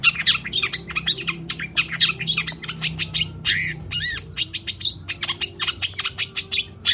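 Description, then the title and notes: Long-tailed shrike song: a busy, almost continuous stream of scratchy chatter and squawks with a few arched whistled notes. Morning song with varied 'toet toet' notes, used as a lure to prompt silent or stressed shrikes to sing. "Cendet Gacor Dor Di Kala Pagi Toet Toet Variasi Suara. PANCINGAN CENDET MALAS BUNYI CENDET MACET CENDET STRESS. Burung cendet"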